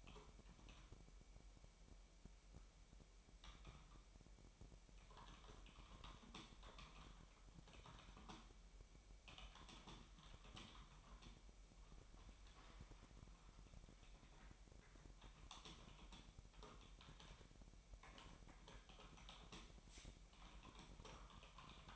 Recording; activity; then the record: daily activity, microphone in the room; typing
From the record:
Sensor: 1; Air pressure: 1002.0 hPa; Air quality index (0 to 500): 244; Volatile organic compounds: 49 ppm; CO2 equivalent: 3285 ppm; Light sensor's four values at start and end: 8/29/11/12 and 8/30/11/12